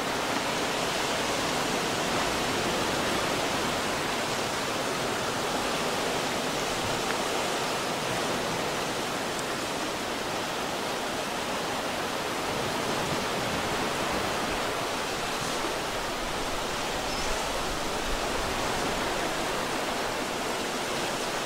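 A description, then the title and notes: Ocean waves make a continuous, dense roar that barely changes over the whole stretch, with no distinct swells or breaks standing out. The wash fills everything from low rumble to bright hiss, sounding even, like a steady rush of water. Ocean Wave Sounds.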